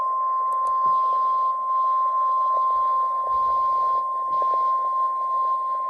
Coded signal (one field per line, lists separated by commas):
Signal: Emergency Alert System (SAME) tones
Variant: 1050 Hz attention tone